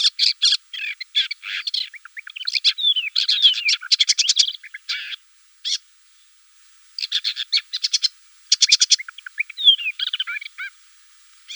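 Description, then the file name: Woodchat shrike singing a varied, scratchy medley of chattering notes, short whistles and buzzy phrases in bursts, with a brief pause near the middle. "Sorokoput krasnogolovyj"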